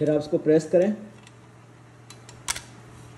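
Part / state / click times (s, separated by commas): folding stock into its lock on the rifle receiver / seated / 2.5 s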